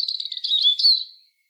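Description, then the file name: European robin singing a short, high twittering phrase of rapid liquid notes that fades out after about 1.3 seconds. "Erithacus rubecula"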